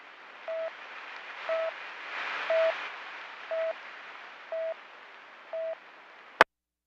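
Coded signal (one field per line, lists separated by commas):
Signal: none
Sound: radio talk-permit beeps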